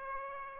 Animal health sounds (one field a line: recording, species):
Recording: mosquito wingbeat signal from an infrared sensor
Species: Aedes aegypti